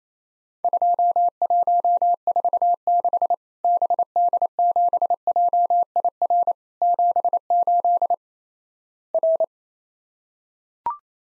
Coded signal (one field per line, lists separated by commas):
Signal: Morse code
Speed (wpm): 28 wpm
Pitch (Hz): 700 Hz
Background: none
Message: 2146 BD7JIR 78 R